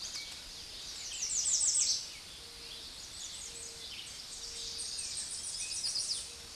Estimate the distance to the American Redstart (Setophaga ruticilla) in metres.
about 15 m